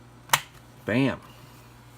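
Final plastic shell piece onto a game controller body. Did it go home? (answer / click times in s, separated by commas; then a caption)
yes / 0.3 s. The final plastic shell piece of an Xbox One controller is pressed onto the controller body and snaps into place with one sharp, loud snap at 0.3 s. Someone then talks briefly over a steady low hum, and the piece is seated.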